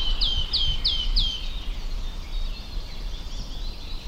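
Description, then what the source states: Wood Warbler song, four clear piping notes falling sharply in pitch, evenly spaced about every third of a second, then fainter birdsong continuing. Near Sylvöjärvi, Nastola, in May just after sunrise, heard while walking past it toward a bird tower; easy to recognise by its sound, which gave it its name.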